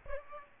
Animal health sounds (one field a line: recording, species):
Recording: mosquito wingbeat signal from an infrared sensor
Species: Aedes aegypti